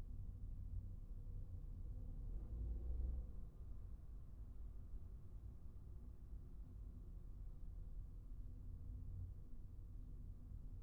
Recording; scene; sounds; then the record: everyday scene through a hearing-aid microphone; in a vehicle; engine, traffic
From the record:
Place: Skoda Fabia, gasoline engine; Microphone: behind the ear, right, rear